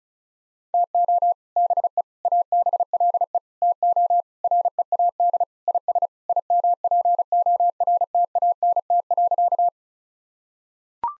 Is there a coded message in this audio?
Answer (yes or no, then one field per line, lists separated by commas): yes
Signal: Morse code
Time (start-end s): 0.7-9.7 s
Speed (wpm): 36 wpm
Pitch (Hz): 700 Hz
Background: none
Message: TO BE ABLE TO READ IS IMPORTANT.